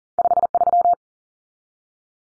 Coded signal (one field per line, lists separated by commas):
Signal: Morse code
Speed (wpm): 40 wpm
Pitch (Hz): 700 Hz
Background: none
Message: 53